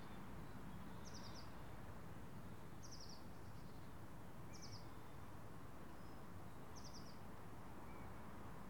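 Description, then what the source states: Garden birds repeat a short, high, buzzy chirp four times, roughly every two seconds. Faint thin whistles come between, with steady low traffic rumble underneath. Birds in a residential garden, with distant skyline traffic.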